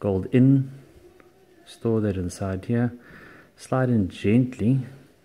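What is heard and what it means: A 4 GB memory card, gold contacts toward the gold pins, is slid gently into the card slot of a VideoTorch VT1 torch/video camera while someone talks. A faint tick sounds at about 1.2 s. The card is still being handled, and nothing has seated or clicked yet.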